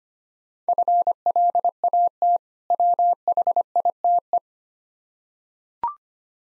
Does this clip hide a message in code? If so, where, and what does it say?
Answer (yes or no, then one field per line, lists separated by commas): yes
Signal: Morse code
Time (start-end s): 0.7-4.4 s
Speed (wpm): 25 wpm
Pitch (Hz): 700 Hz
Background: none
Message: FLAT WHITE